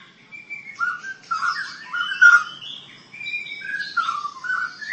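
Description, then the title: Long-tailed shrike song of warbled, slurred whistles and chirps, moderately loud and continuous, over a faint low background rumble. "Kicau Burung Pentet"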